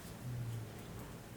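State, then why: Not seated. An aftermarket Oracle Oculus headlight plug on a Jeep JLU is handled and lined up by its notch with the factory headlight wiring connector, ready to be pushed together. Only a steady low hum and faint background noise are heard, with no sharp sounds. Nothing has seated or clicked yet.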